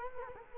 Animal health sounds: mosquito wingbeat signal from an infrared sensor; Culex quinquefasciatus

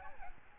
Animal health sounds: mosquito wingbeat signal from an infrared sensor; Aedes albopictus

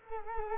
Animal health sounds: mosquito wingbeat signal from an infrared sensor; Culex quinquefasciatus

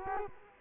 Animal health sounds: mosquito wingbeat signal from an infrared sensor; Culex quinquefasciatus

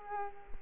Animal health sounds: mosquito wingbeat signal from an infrared sensor; Culex quinquefasciatus

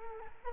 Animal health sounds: mosquito wingbeat signal from an infrared sensor; Culex quinquefasciatus

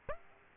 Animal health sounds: mosquito wingbeat signal from an infrared sensor; Aedes aegypti

